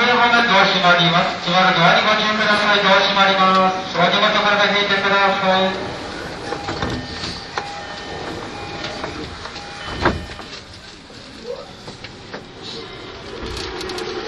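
An E231 series Yamanote Line train on the outer loop. For the first six seconds a loud, buzzing whine holds, shifting pitch in steps near two and four seconds, then it gives way to a softer running rumble with scattered clicks and a thud around ten seconds.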